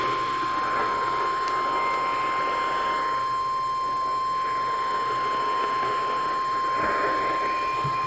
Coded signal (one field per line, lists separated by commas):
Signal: Emergency Alert System (SAME) tones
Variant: 1050 Hz attention tone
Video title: Eas Fwd FFW on KEC56 Eas#1686